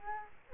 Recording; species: mosquito wingbeat signal from an infrared sensor; Culex quinquefasciatus